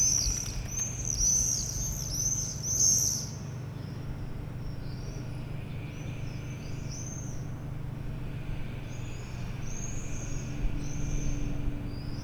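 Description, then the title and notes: Swift screaming: a loud cluster of shrill, trilled screams at the start, then fainter scattered screams continuing over a constant low drone. A group of swifts flying over rooftops in Aix-les-Bains, France, recorded from a courtyard on a Sunday morning. "4 Rue Vaugelas, Aix-les-Bains, France - Les martinets. Le ballet des martinets au dessus des toits d'Aix-les-bains depuis la cour de la MJC un dimanche matin"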